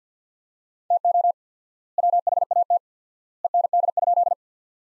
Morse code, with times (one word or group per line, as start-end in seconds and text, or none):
0.9-1.3 TO
2.0-2.8 WHAT
3.4-4.3 END?